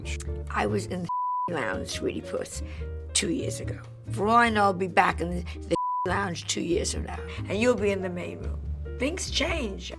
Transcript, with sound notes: I was in the (beep) lounge, sweety-puss, two years ago. For all I know, I'll be back in the (beep) lounge two years from now, and you'll be in the main room. Things change.